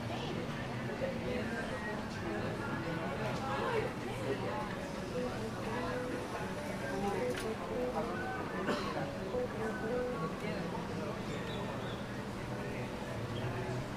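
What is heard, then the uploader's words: Walking down 5th Avenue in Playa del Carmen, a steady crowd of voices talking and overlapping fills the whole stretch. Several clearer voices rise briefly above the chatter, with faint traffic rumble underneath and a few sharp clicks or knocks around the middle. Walking Down 5th Avenue In Playa Del Carmen (Ambient Sounds, Walking, Talking, Car Noise, Footsteps, Birds Chirping). In this episode we are taking a stroll down the busy 5th avenue in Playa Del Carmen, Mexico.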